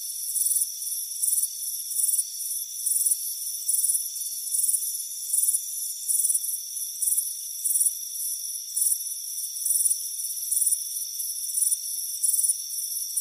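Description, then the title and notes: Crickets chirping in high-pitched pulsed bursts roughly every half second to second, over a steady high insect hum with nothing else heard. Warm afternoon, front porch. "Soothing Crickets Chirping Sound. It's a warm afternoon as you relax in a hammock on the front porch. Deep Sleep Sounds"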